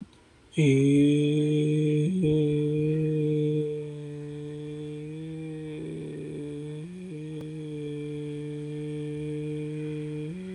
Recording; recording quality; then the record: sustained vowel as in made; excellent, no background noise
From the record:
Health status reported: healthy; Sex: male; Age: 27 years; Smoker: yes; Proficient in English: yes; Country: India